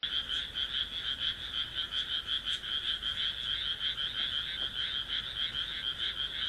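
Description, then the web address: Frog croaking in a fast, steady series of rasping pulses, continuing without a break through the whole stretch. "kaeru kaeru"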